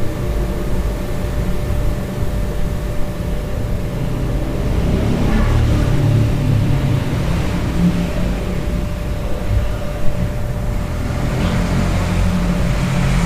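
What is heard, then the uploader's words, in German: Room sound from a hostel room: a steady low rumble like a fan or engine runs throughout, with a thin constant hum above it. Faint, muffled voices or movement surface around the middle and again near the end, and a small knock lands at about ten seconds. Abenteuerliche Geräusche aus einem Hostelzimmer in Mittelamerika.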